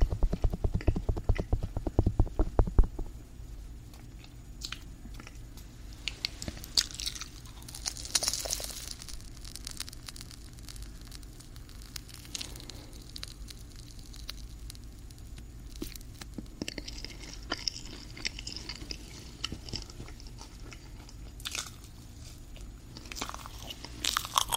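Eating a marshmallow, with a quick burst of soft, rhythmic chewing in the first three seconds, then quieter wet mouth sounds and light crackles. Bright rustling touches come in bursts around eight seconds and again from seventeen to twenty-two seconds over a low steady hum.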